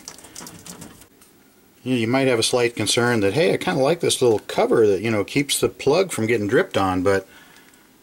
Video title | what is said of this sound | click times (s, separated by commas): Washing Machine Sud & F21 Error Code | get it to pop into place there so you | 0.1 s